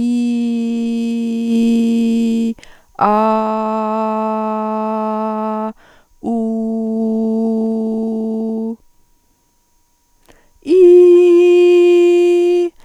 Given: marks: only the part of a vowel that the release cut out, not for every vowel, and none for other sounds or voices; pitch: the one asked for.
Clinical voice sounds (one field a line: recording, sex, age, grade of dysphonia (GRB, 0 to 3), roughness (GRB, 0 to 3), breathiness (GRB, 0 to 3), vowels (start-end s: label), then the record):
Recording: sustained vowels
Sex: female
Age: 40 to 49 years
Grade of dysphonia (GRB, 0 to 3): 0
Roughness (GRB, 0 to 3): 0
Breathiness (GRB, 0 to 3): 0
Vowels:
0.00-1.45 s: vowel /i/, normal pitch
3.44-5.42 s: vowel /a/, normal pitch
6.48-8.45 s: vowel /u/, normal pitch
10.88-12.53 s: vowel /i/, high pitch
From the record:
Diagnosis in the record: dysodia (singing voice disorder)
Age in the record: 45 years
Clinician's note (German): Mit Tendenz zur Hyperfunktion